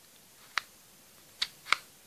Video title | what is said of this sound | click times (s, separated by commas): Fire stick unboxing and setup long video | That's how you know it's locked in. | 0.6 s, 1.7 s